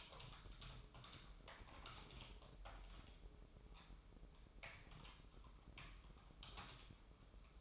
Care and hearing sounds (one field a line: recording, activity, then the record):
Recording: daily activity, microphone in the room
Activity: typing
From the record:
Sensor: 1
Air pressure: 988.8 hPa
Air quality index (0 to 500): 204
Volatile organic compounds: 1000 ppm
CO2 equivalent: 5430 ppm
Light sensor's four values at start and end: 25/93/35/37 and 25/93/35/36